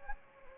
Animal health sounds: mosquito wingbeat signal from an infrared sensor; Anopheles arabiensis

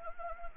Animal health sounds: mosquito wingbeat signal from an infrared sensor; Anopheles arabiensis

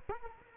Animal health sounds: mosquito wingbeat signal from an infrared sensor; Culex quinquefasciatus

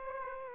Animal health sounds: mosquito wingbeat signal from an infrared sensor; Aedes aegypti

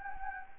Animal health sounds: mosquito wingbeat signal from an infrared sensor; Anopheles gambiae

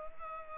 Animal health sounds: mosquito wingbeat signal from an infrared sensor; Culex pipiens

